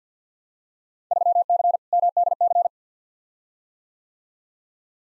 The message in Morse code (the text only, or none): 3C MDC